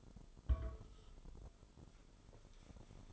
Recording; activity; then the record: daily activity, microphone in the room; place on stove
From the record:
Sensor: 5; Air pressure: 988.4 hPa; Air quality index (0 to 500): 202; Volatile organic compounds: 79 ppm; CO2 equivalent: 3597 ppm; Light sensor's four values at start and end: 47/140/55/60 and 47/139/55/60